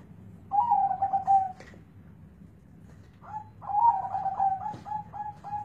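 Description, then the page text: Zebra dove cooing song: two bursts of soft, quavering coos, each a quick run of short notes ending in a level trill, with a quiet pause between them. Local Indonesian perkutut, kept as a contest bird; its voice is the main judging criterion in bird contests; recording used as training (masteran) material. "Suara Perkutut Lokal Asli"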